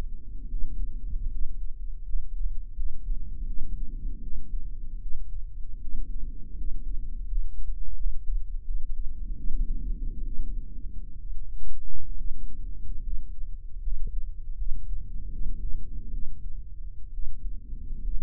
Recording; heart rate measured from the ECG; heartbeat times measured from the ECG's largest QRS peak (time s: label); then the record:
heart sounds by microphone in the right ear; 75 bpm
0.48 s: heartbeat
1.30 s: heartbeat
2.04 s: heartbeat
2.75 s: heartbeat
3.45 s: heartbeat
4.20 s: heartbeat
5.00 s: heartbeat
5.79 s: heartbeat
6.55 s: heartbeat
7.26 s: heartbeat
7.95 s: heartbeat
8.64 s: heartbeat
9.35 s: heartbeat
10.23 s: heartbeat
11.19 s: heartbeat
12.15 s: heartbeat
13.01 s: heartbeat
13.81 s: heartbeat
14.55 s: heartbeat
15.30 s: heartbeat
16.10 s: heartbeat
17.11 s: heartbeat
18.02 s: heartbeat
From the record:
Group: healthy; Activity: rest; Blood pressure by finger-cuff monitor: 142/83 mmHg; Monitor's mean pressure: 97 mmHg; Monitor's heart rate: 76 bpm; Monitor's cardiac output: 8.1 L/min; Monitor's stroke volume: 102 mL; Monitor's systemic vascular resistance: 890 dyn s/cm5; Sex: male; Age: 23 years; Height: 178 cm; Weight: 96.6 kg